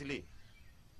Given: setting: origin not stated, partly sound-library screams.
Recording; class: one-second piece from a danger detection set; normal situation